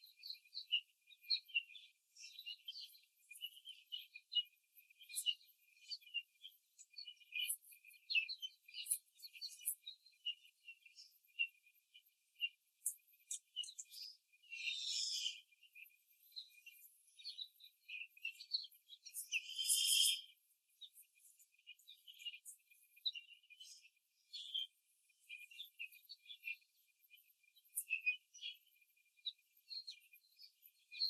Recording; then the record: young laying hens in a cage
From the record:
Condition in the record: after the stressor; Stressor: simulated dog barking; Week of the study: 3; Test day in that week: 1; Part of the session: 1